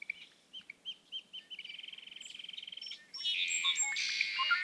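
Red-winged blackbird song: a run of short whistled notes speeds into a rapid pulsing trill, then breaks into a loud, harsh buzzy burst.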